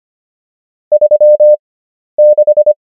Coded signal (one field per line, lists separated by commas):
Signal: Morse code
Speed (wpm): 25 wpm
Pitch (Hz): 600 Hz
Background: none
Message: 36